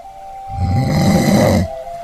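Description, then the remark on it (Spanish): A person lets out one long, loud snore lasting about a second, a deep rattling rumble with a raspy edge, over a faint steady hum. “¡…! ¡Está roncando otra vez!”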